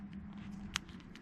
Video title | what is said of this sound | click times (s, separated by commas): 1952 Chevy Styleline Deluxe Rear Lights Rewire. | And you hear them click. Heard two clicks on that. | 0.8 s